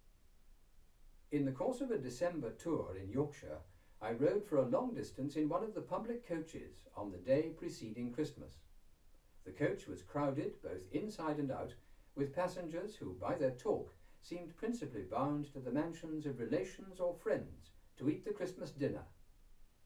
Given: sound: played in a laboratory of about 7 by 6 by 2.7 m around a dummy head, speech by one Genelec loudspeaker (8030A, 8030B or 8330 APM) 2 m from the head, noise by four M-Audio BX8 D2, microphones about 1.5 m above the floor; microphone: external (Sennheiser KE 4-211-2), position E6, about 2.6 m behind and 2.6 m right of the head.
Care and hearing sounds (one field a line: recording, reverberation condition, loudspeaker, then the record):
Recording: male speech in English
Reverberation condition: low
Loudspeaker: 30 degrees to the left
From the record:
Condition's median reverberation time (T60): about 310 ms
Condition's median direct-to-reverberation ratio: about 3.5 dB